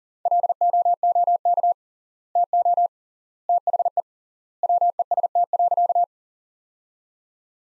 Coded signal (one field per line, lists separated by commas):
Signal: Morse code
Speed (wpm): 40 wpm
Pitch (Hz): 700 Hz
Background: none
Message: LOOK TO THE WEST.